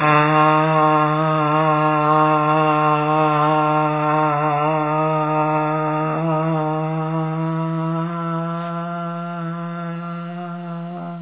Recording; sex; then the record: sustained vowel /a/; female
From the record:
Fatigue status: no fatigue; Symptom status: asymptomatic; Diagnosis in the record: COVID-19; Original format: 3gp